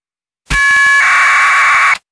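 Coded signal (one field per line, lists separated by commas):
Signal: packet radio (AX.25, as in APRS)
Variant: 1200 baud AFSK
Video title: SDRuno with SDRplay RSP2 - APRS Decoding with SoundModem and UI-View32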